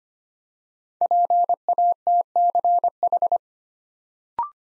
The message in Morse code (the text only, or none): PATCH